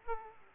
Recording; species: mosquito wingbeat signal from an infrared sensor; Aedes aegypti